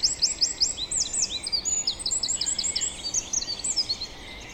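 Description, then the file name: Eurasian wren sounding fast, high-pitched strings of ticking and slurred notes, several quick trilled bursts in a row, with a constant low hiss beneath. "Troglodytes troglodytes"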